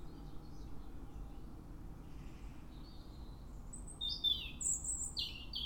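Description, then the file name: European robin song: faint high notes early on, then a louder run of thin, varied, sliding high notes in the final seconds, over low rumble. "Erithacus rubecula"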